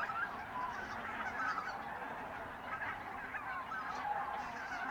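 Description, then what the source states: Goose: many geese honking at once, a steady babble of overlapping calls with occasional clearer single notes. Birds in a renaturalised area at Polder Glies, Sellstedt, Germany, 9 November 2020; binaural ORTF pair of t.bone SC 140 microphones with Rycote windjammer, TASCAM DR100 MK3 recorder.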